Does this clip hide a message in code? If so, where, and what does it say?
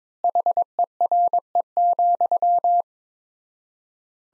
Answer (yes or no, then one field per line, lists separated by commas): yes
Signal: Morse code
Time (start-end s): 0.2-2.8 s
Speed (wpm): 22 wpm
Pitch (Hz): 700 Hz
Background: none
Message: HERE,